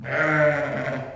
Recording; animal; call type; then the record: contact call of a hoofed animal; sheep; low-frequency (closed-mouth) or high-frequency (open-mouth) call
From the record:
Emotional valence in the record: negative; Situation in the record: short social isolation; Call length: 1.16 s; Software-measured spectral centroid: 1520 Hz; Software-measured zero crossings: 1810 a second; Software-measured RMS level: -23 dBFS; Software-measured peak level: -8 dBFS